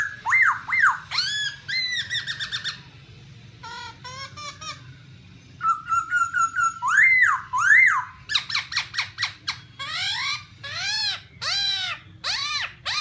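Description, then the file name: Black-throated laughingthrush delivering loud arched whistles, a pause, then rapid buzzy chatter and a string of strong rising-falling notes in quick succession. "tieng khuou bac ma hot"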